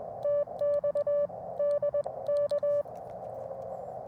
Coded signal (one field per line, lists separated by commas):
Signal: Morse code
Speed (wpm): 21 wpm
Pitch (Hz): 1160 Hz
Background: music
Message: TX DK